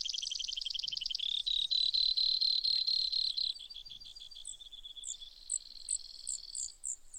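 Brewer's sparrow singing a fast trill that slides into a lower, steady buzzy trill, followed by softer high chips.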